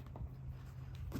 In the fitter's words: That's locked into place there.